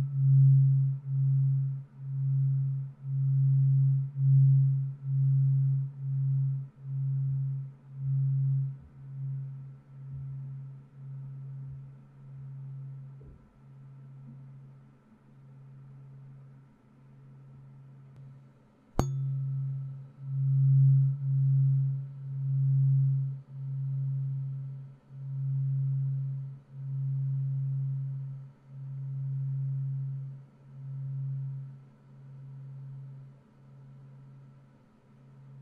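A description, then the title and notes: A 136.1 Hz tuning fork hums a low, pure tone that throbs about once a second, dipping mid-clip, with a sharp click near nineteen seconds. 音叉療癒 淨化心靈 Tuning Fork(OM136.1HZ&4096HZ) No Talking.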